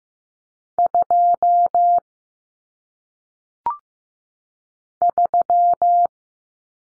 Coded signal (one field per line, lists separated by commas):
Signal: Morse code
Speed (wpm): 15 wpm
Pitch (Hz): 700 Hz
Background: none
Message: 2 3